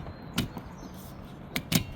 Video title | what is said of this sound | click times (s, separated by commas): Ram 1500 Windshield Wiper Replacement | Okay, snapped in place. | 1.6 s